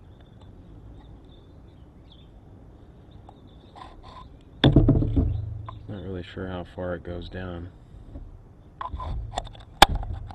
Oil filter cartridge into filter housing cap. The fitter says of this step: Until you hear it click on.